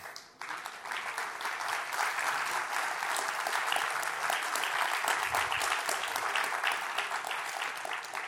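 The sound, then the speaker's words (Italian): Steady audience applause at a jazz lecture on the piano trio, a dense wash of many hands clapping that starts abruptly and holds at an even, moderately loud level throughout, with no voices standing out. “Vi ho colto nella mezza pennica, ho sentito che l'applauso è arrivato con qualche istante di ritardo, tutti colti, non ve l'aspettavate.”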